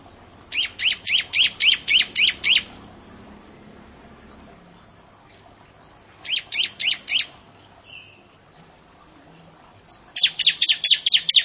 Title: Ciblek Sawah